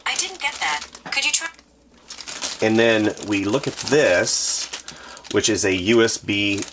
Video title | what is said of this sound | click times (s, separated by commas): XPPen Artist Pro 16tp display tablet review by an artist | and it clicks right in so you can put that in without having to worry that it's going to get damaged get that | 0.2 s